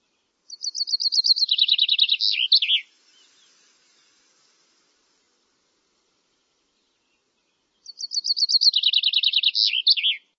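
Bird calling with a fast series of high, clipped notes descending in steps to a final lower burst, given twice with a long quiet gap between.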